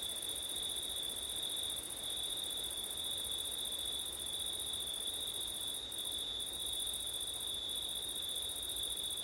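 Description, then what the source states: Long unbroken cricket chorus, two high bands of trilling, with short breaks in the highest layer in the second half. Crickets on a windy September night; ORTF stereo.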